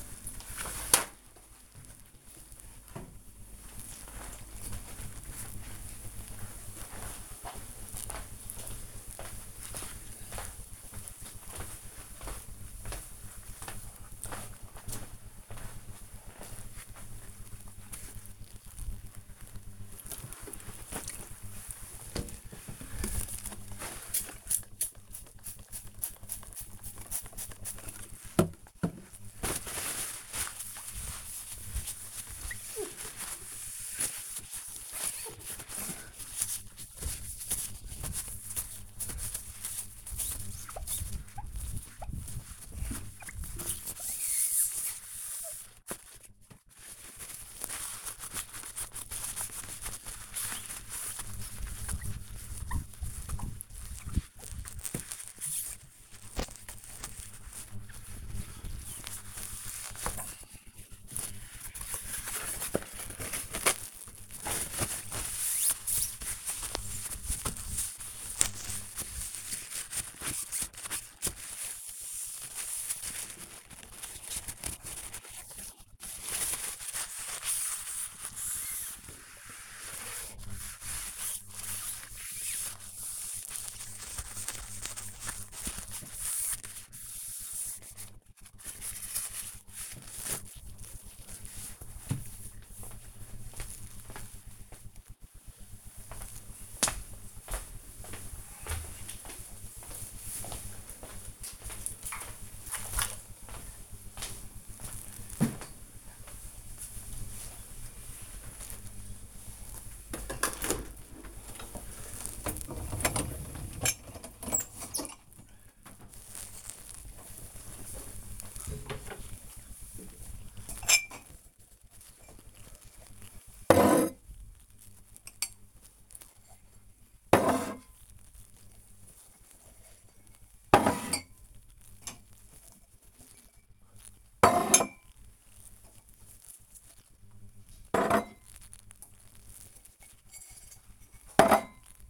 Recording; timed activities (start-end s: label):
household activities, microphone on the right wrist
19.65-90.22 s: window cleaning
110.36-142.10 s: cleaning out the dishwasher